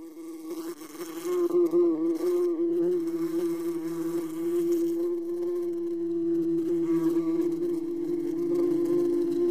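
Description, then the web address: Bee buzzing, a wavering drone that swells in loudness after a quieter start and keeps shifting slightly in pitch. Two bees buzzing. "brzeczenie dwoch pszczol"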